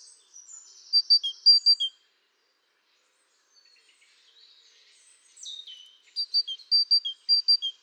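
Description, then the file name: Great tit song: high paired notes dropping to a lower note, repeated in a short burst, a quiet gap with faint chatter, then another run of the same phrase. "Parus major"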